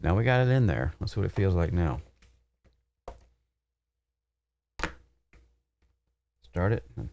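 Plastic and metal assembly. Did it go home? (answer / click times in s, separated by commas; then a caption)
no / none. After another shim change, a Cube Controls QRX steering wheel quick release is handled at a wheelbase hub adapter while someone talks, with a few faint knocks and taps, the sharpest near 3.1 s and 4.8 s. Nothing has seated or clicked yet.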